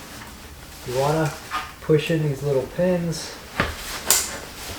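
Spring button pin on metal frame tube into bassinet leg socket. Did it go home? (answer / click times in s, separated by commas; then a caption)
yes / 4.1 s. Someone talks while pushing in the small spring-loaded button pins on a metal frame tube of a Halo Bassinest and sliding the tube into its bassinet leg socket. After a short sharp sound at 3.6 s, the pin pops into the hole with a sharp click at 4.1 s, and the tube is seated.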